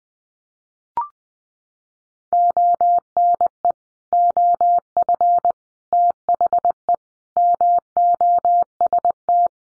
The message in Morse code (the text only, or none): ONE OF THE MOST